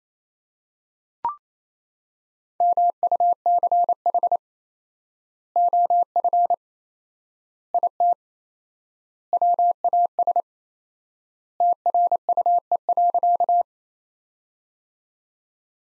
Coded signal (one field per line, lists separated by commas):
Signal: Morse code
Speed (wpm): 28 wpm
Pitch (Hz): 700 Hz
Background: none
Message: MUCH OF IT WAS TRUE.